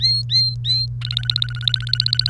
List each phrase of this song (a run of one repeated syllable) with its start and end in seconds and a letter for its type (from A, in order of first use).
0.00-0.86 A, 1.01-2.30 B